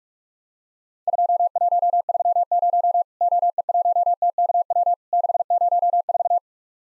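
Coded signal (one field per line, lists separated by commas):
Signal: Morse code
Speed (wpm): 44 wpm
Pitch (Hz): 700 Hz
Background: none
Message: 2130 OE1TKW 604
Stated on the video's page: Practice recreation of Worked All Europe DX Contest CW QTC exchanges at 45 wpm, each sent in Morse, spoken, then repeated.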